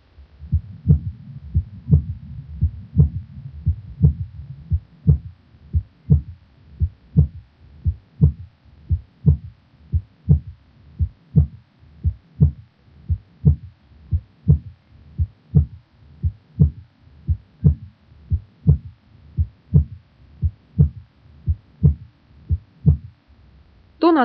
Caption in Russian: Третий тон сердца возникает ближе к середине диастолы, в фазу быстрого наполнения, когда основная масса крови поступает из предсердий в желудочке. Аускультативно он выявляется на верхушке сердца и характеризуется низкочастотным тембром и малой громкостью, благодаря чему третий тон иногда называют эхом второго тона. Запись, сделанную у больного с сердечной недостаточностью.